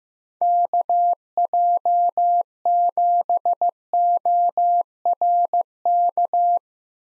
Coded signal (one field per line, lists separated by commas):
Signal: Morse code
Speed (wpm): 15 wpm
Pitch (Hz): 700 Hz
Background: none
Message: KJ7ORK